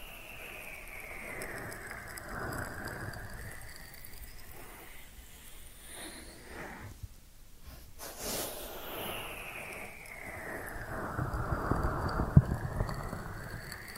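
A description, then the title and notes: Ear cleaning sounds: steady close rustling and scratching with sweeping rises and falls, a brief quiet dip near eight seconds, and occasional sharp taps. ASMR 10 Sleep Inducing Ear Cleaning Triggers with Brain Penetration (No Talking).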